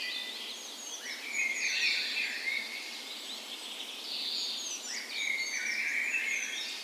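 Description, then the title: Birds: bird dawn chorus: many overlapping songbirds with whistled phrases, trills and fast chirps, dense and continuous with no other clear sounds. Dawn chorus in a park west in Bergen, Norway, morning of 17 May, Norway's National Day, in spring; recorded with Sony PCM A10 and LOM Usi microphones as tree ears. "17th Of May Dawn Chorus"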